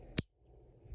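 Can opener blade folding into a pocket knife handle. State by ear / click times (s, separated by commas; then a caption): seated / 0.2 s. The can opener blade of a multi-tool pocket knife is folded closed into the handle and snaps into place against its spring with a single sharp metallic snap at 0.2 s. The rest of the clip is quiet low rumble, and the blade is seated shut.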